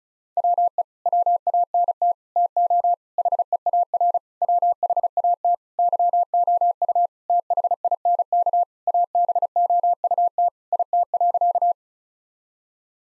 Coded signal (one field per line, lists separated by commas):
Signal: Morse code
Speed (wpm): 34 wpm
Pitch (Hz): 700 Hz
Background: none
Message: WE WANT TO HEAR WHAT YOU THINK ABOUT IT.